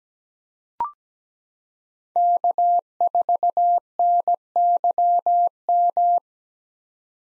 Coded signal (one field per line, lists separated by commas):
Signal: Morse code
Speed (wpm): 17 wpm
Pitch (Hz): 700 Hz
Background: none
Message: K4NYM